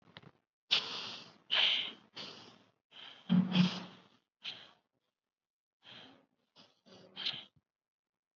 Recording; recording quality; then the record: deep breathing; excellent, no background noise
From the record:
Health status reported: COVID-19 positive, mild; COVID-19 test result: positive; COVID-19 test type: RT-PCR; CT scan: not taken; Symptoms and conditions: cough, fever, fatigue, muscle pain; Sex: male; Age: 20 years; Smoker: no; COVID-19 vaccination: one dose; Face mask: worn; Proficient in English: yes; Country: India